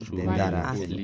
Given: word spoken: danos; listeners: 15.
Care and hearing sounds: one Spanish word in noise, from a listening test; four-talker babble; -0.2 dB; 0 of 15; 6 of 15; 0.65 s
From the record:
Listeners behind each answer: 6, 2, 1, 1, 1, 1, 1, 1, 1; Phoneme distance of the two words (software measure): 61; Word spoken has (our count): 2 syllables, 5 phonemes, stress on syllable 1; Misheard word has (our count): 3 syllables, 8 phonemes, stress on syllable 3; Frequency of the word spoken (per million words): 0.48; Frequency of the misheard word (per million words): 44.47

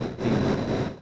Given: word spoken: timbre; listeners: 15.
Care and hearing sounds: one Spanish word in noise, from a listening test; noise modulated by three-talker babble; -5.1 dB; 0 of 15; 6 of 15; 0.61 s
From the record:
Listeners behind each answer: 6, 3, 1, 1, 1, 1, 1, 1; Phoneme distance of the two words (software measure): 47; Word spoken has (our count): 2 syllables, 6 phonemes, stress on syllable 1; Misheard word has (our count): 2 syllables, 5 phonemes, stress on syllable 1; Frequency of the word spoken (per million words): 13.11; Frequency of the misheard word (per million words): 283.71

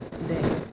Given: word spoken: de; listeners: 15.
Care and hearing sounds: one Spanish word in noise, from a listening test; noise modulated by three-talker babble; -5.2 dB; 2 of 15; 9 of 15; 0.32 s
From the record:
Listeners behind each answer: 9, 2, 1, 1, 1, 1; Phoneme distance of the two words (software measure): 17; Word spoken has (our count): 1 syllable, 2 phonemes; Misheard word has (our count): 1 syllable, 3 phonemes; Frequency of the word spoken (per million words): 65545.55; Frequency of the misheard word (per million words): 435.76

